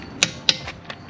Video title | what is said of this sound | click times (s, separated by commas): CERAMIC COATING BMW G80 M3 COMPETITION WHEELS ! | when you hear that click on the torque wrench that's when you stop | 0.2 s, 0.5 s